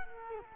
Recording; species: mosquito wingbeat signal from an infrared sensor; Culex quinquefasciatus